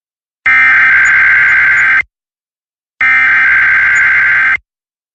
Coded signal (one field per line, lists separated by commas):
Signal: Emergency Alert System (SAME) tones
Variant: header bursts